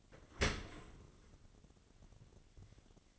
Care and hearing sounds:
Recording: daily activity, microphone in the room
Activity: open dishwasher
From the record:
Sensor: 4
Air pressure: 1007.6 hPa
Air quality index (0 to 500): 198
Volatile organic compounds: 7 ppm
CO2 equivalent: 1973 ppm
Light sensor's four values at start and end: 22/71/27/26 and 22/70/27/26

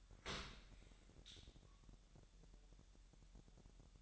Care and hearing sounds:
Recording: daily activity, microphone in the room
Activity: open dishwasher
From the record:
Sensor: 3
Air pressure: 1000.5 hPa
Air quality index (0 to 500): 247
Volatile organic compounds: 169 ppm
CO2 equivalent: 4102 ppm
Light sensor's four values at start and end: 10/25/10/10 and 10/25/10/10

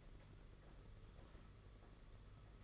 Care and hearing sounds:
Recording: daily activity, microphone in the room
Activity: typing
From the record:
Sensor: 4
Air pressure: 992.6 hPa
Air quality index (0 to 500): 137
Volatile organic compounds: 62 ppm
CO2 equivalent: 3435 ppm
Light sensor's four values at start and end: 19/66/24/25 and 19/66/24/25

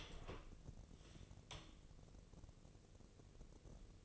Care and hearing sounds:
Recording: daily activity, microphone in the room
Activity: open door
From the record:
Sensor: 4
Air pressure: 1013.2 hPa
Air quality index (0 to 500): 178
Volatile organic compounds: 2 ppm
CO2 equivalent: 1118 ppm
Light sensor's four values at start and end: 77/187/79/80 and 105/262/108/116

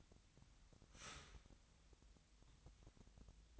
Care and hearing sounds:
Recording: daily activity, microphone in the room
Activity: start toaster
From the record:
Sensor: 3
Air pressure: 1001.9 hPa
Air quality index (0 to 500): 245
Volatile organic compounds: 49 ppm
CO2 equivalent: 3277 ppm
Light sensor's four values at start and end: 13/40/17/15 and 13/40/17/15

